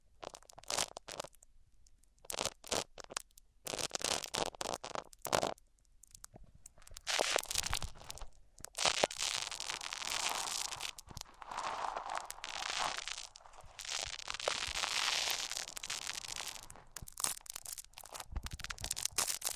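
Microphones are rubbed across different surfaces, giving scratchy, crackling friction noise. The first seven seconds bring short, separate scrapes with silent gaps between them. After that the rubbing turns steadier and denser, with hissy, crinkling swells that rise and fall until the end.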